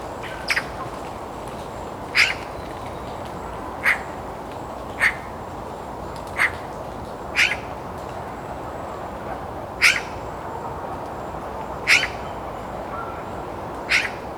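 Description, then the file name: Eurasian magpie giving a long series of harsh, rasping single calls, around ten, spaced one to two seconds apart, over constant background hiss. "Pica pica"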